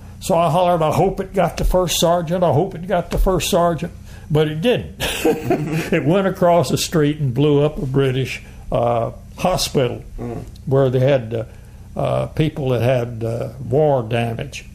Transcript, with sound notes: So I hollered, “I hope it got the first sergeant! I hope it got the first sergeant!” But it didn’t, [Laughing] it went across the street and blew up the British…hospital, where they had…people that had…war damage.